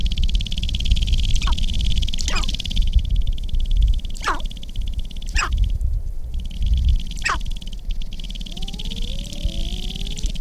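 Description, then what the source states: Sharp-tailed grouse giving loud, sharp notes that drop steeply in pitch, one every second or two, over a continuous buzzing rattle, with faint rising whistles near the end. Recorded 22 April 2005.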